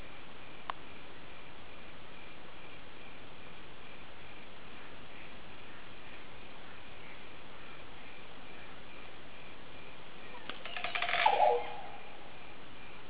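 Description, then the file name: Green oropendola heard once near the end: a quick gurgling, watery burst after a long stretch of quiet hiss. "psarocolius viridis"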